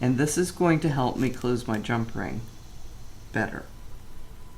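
Someone talks while closing a 16g metal jump ring for a chainmaille bracelet, holding it with two pliers and twisting the ends back toward each other. A faint handling sound follows after the speech, near 3.4 s. Nothing has clicked or closed yet.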